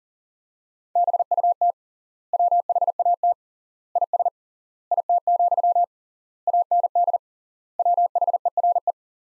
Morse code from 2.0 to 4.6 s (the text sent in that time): WHAT IS